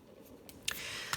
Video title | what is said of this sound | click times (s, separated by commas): Vibrant Jungle Watercolour Brush Pens - Review | all have a clear lid as I said let's clicks on really really well you can hear that it's gone down and | 0.7 s